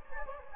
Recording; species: mosquito wingbeat signal from an infrared sensor; Anopheles gambiae